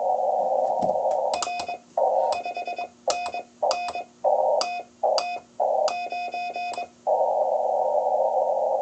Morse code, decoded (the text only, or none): R 5NN TT 9